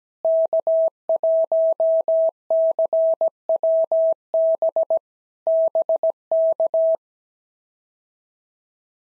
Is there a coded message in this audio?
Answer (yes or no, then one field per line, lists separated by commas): yes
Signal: Morse code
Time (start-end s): 0.2-6.9 s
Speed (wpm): 17 wpm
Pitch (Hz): 650 Hz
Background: none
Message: K1CWB BK